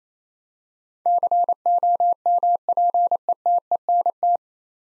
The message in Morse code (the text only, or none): COMPETENT